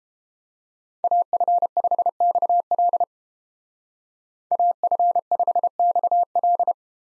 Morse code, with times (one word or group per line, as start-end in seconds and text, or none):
1.0-3.0 AF5XL
4.5-6.7 AF5XL